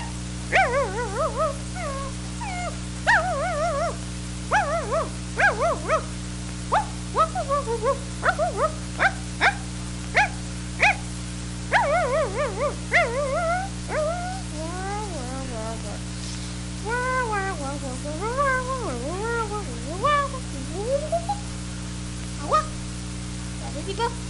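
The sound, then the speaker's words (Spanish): Pipo the dog, dressed as a vampire on a children's radio programme, gives a quick series of short, sharp barks and yips, then shifts into high, wavering whimpers and whines that rise and fall in pitch, over a steady low hum. “Dice Pipo que a él le da miedo esto, pero que como es un perrito, pues sabe defenderse.”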